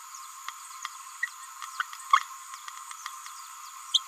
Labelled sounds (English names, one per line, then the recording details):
Green-rumped Parrotlet babbling
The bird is a male
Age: 29 days
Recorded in a nest box in Venezuela
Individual 17B31A1